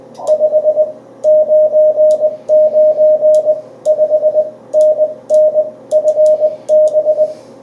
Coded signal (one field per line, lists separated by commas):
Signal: Morse code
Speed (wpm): 20 wpm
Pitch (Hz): 620 Hz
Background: radio noise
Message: 599 5NN FB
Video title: CW QSO on 40m with DK6MV op Alfons